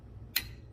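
A torque wrench set to about 30 ft-lb tightens the oil drain plug in the engine oil pan of a 2016–2021 Honda Civic. Against a low background hum, a single sharp, bright click is heard at 0.4 s and decays quickly. The wrench clicks at its set torque, confirming the drain plug is tightened to spec.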